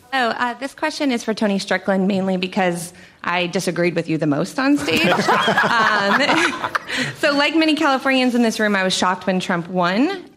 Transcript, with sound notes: This question is for Tony Strickland, mainly because I disagreed with you the most on stage.
[Laughter]
So like many Californians in this room I was shock when Trump won.